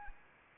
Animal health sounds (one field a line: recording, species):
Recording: mosquito wingbeat signal from an infrared sensor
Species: Anopheles arabiensis